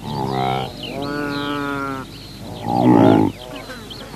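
Saiga antelope giving low, harmonic nasal bleats, one long drawn-out call between two shorter ones.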